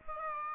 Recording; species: mosquito wingbeat signal from an infrared sensor; Aedes aegypti